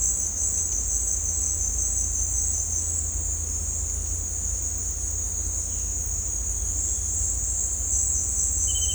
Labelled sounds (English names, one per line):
none